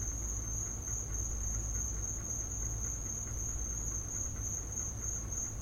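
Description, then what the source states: Crickets keep up a constant, high-pitched trilling chorus without pause, while a low hum drones underneath. Field recording of crickets in the recordist's back yard.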